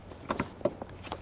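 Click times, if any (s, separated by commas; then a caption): 0.6 s. The SuperLATCH lower anchor connector of a forward-facing Diono child car seat is pushed onto the vehicle's lower anchor bar in the seat bight, with the aim of pushing until a click is heard. A few short knocks and taps come first, then a sharp latch click at 0.7 s, followed by lighter taps. The connector is seated on the anchor.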